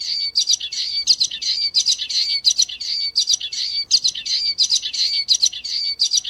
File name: canto do bico de lacre